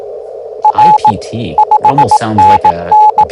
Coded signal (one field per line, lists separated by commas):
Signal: Morse code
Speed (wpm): 18 wpm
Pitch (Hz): 850 Hz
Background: speech, radio noise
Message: R 5NN